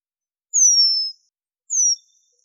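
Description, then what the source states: Eurasian penduline tit calls: two thin, very high whistles that slide downward, the first long and the second shorter. Slovenia.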